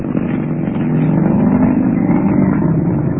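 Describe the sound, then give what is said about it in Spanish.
The engine of a modern Rolls Royce sports car driven by Calimán roars steadily and builds slightly in loudness as it accelerates, a continuous low, rumbling drone with no voices. “Solín iba a comentar algo, pero prefirió quedarse mudo al ver a Calimán imprimir velocidad al moderno auto Sport.”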